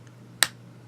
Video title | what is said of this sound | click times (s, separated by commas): Episode 488 Duckbill Gothic | little snap there if you can hear that again nice | 0.4 s